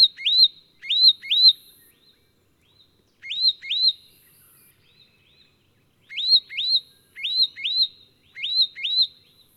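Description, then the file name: Leaden flycatcher repeating bright rising whistles, mostly in bursts of two or three quick notes, separated by brief silences, in an otherwise quiet setting. "Myiagra Rubecula"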